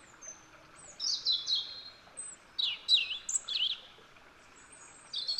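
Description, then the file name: European robin singing high, tinkling phrases that rise and fall in quick wavering notes, in short bursts with brief gaps between. "Erithacus rubecula"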